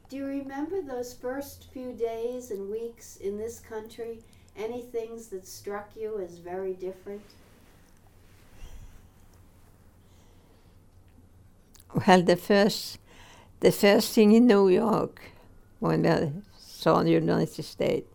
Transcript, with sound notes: Do you remember those first few days and weeks in this country? Any things that struck you as very different?
(silence) Well, the first thing in New York, when I saw the United States,